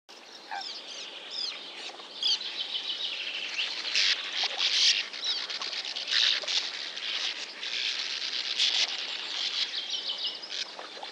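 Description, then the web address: Sand martin chatter: dense dry chirps and buzzy twitters continuing throughout, with louder bursts. Recorded in Lower Saxony, Germany. "niedersachsen uferschwalbe"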